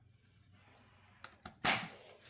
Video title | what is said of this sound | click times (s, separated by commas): Assembly of floating cross - Wooden cross version with string (no magnets) | Okay, snap in place. | 1.7 s